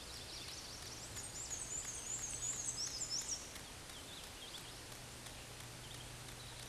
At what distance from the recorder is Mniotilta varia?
about 20 m